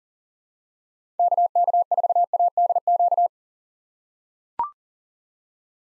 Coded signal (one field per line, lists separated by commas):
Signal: Morse code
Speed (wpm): 40 wpm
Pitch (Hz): 700 Hz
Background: none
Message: KK4ADQ